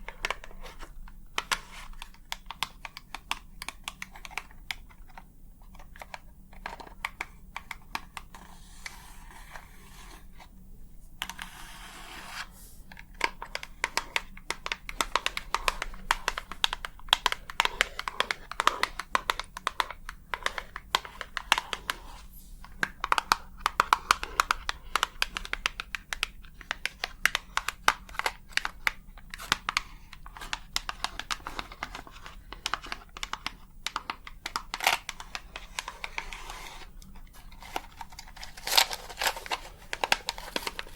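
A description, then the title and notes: Rapid, dense tapping with long nails fills the recording, crisp clicky strikes coming in quick irregular bursts with brief pauses near 11 and 37 seconds. The sound is bright, over a faint low hum, with no talking. ASMR 100% Tapping for the BEST Sleep ~ with long nails, no talking.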